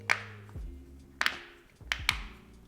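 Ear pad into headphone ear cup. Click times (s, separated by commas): 0.1 s, 1.2 s, 1.3 s, 1.9 s, 2.1 s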